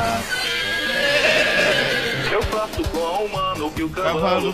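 A horse neighs loudly, a long wavering whinny with a high, shaky pitch that rises and falls, followed by shorter breathy calls and snorts over steady background noise.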